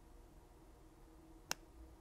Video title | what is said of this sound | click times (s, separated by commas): MONTAGE DU H-CONNECTEUR - L'Atelier RIVE | will hear a snap. And it's perfectly in place. | 1.5 s